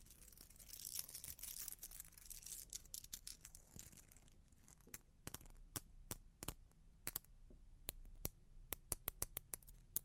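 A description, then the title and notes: Long claws tap and scratch. The first half-second to four seconds brings dense, bright scratching and scraping. After that come sharp, separate taps, irregular at first and clustering quickly toward the end, over a faint low rumble. Long Claws Tapping and Scratching (No Talking).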